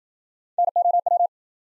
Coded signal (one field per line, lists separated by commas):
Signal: Morse code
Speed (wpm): 53 wpm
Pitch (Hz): 700 Hz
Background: none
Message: NOW